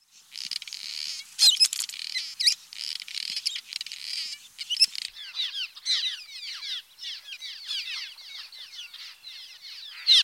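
Cliff Swallow song: grating, buzzy notes followed by a long run of squeaky, downslurred twitters, with a few sharp clicks.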